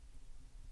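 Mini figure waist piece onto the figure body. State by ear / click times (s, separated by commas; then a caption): not seated / none. The plastic waist piece of a building-block mini figure is handled and lined up against the figure body, with only faint low rumble and soft handling noise throughout. Nothing has seated or clicked yet. No one talks.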